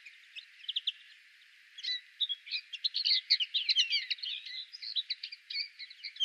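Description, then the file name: European greenfinch twittering: a rapid, jumbled stream of chirps and short trills that starts sparse, then grows denser and louder after about two seconds. "Chloris chloris"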